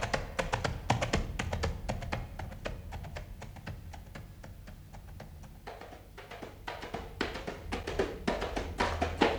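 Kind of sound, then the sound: animal, horse galloping away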